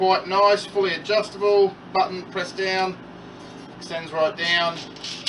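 Someone talks while handling the fully adjustable monopod on the stock of a customised Ruger Precision Rimfire rifle, pressing its button and extending the leg right down. The clip ends before the leg goes home, so nothing has seated or clicked yet.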